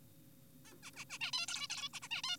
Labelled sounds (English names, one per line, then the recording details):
Zebra Finch
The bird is an adult
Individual g4p5U